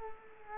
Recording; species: mosquito wingbeat signal from an infrared sensor; Culex quinquefasciatus